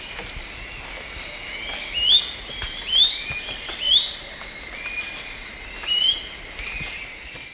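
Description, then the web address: Gray-crowned flatbill song: three upward-slurred whistled notes roughly one per second, then a pause and a fourth, with buzzing insects droning throughout. Recorded in the eastern lowlands of South America. "Natures Songs S America Eastern Lowlands. Gray-crowned Flatbill"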